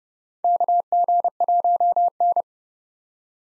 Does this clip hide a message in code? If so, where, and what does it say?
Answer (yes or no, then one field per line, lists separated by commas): yes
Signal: Morse code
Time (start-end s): 0.4-2.4 s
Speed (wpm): 30 wpm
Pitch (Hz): 700 Hz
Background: none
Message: KG1N